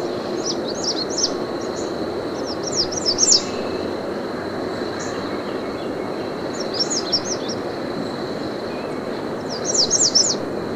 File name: American Redstart